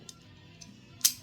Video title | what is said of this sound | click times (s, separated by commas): Pallet wood to unique/luxury bed frame. Part 2 of 2 | locks into place. | 1.1 s